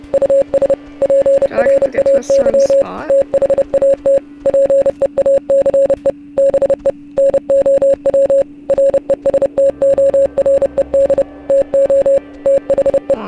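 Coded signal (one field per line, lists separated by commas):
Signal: Morse code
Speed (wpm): 30 wpm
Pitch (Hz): 550 Hz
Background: speech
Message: US PRAY THAT PEACE BE NOW RESTORED TO THE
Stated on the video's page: Heard in the game Oxenfree.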